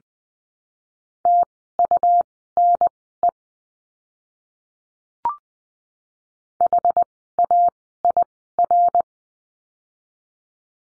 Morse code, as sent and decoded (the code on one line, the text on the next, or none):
- ..- -. . / .... .- .. .-.
TUNE HAIR